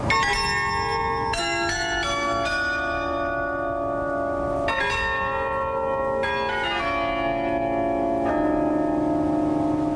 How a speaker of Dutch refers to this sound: Het gaat om een bijaard, oftewel de klokkentoren.